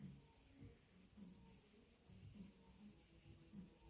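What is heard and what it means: An RC connector insertion tool is turned steadily to press an EC5 connector pin into its plastic housing, giving soft, low handling and turning noises with faint recurring swells about every 0.6 seconds. Nothing has seated or clicked yet.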